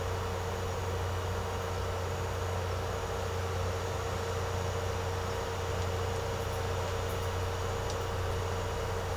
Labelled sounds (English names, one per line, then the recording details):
none
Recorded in secondary vegetation near Puerto Asís, Putumayo, Colombia, on 13 March 2025 at 13:30
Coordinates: 0.468, -76.324
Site G059